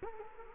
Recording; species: mosquito wingbeat signal from an infrared sensor; Culex quinquefasciatus